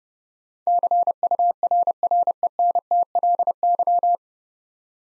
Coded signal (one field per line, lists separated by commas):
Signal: Morse code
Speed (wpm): 28 wpm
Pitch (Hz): 700 Hz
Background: none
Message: CURRENTLY